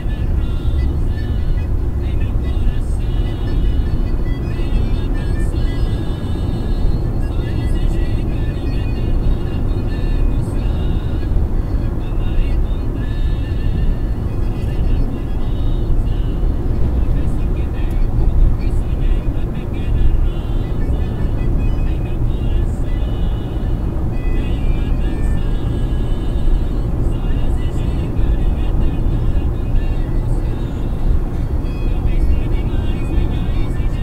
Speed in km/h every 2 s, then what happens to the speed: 106, 106, 107, 108, 109, 109, 110, 110, 109, 108, 108, 108, 108, 108, 108, 107, 107.
0-34 steady at about 108.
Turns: none.